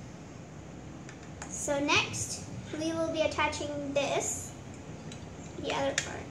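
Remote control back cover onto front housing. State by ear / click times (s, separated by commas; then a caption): not seated / none. The back half of a plastic remote control housing is handled and lined up to be pressed onto the front half, with light handling taps at about 1.1, 1.4 and 5.1 seconds while someone talks. Nothing has snapped shut or seated yet.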